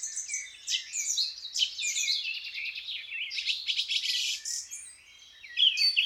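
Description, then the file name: Birds chorusing, a thick blend of fast trills and twittering phrases, with a few clear whistled notes near the end after a short lull. Birds waking up. "L'éveil des oiseaux (extrait)"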